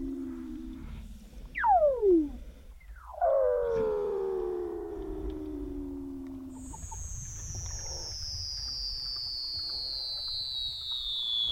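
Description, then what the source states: Weddell seal calls: falling glissando sweeps, a long descending tone, then a very high whistle gliding slowly downward over a low rumble. Antarctica.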